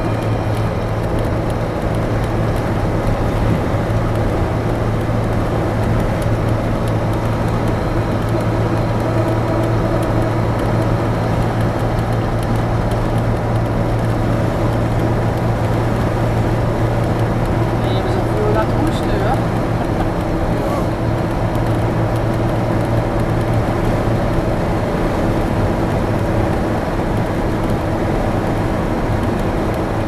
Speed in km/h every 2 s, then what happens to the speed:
98, 99, 99, 99, 101, 102, 102, 102, 101, 101, 102, 102, 101, 100, 99.
0-30 steady at about 101.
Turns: none.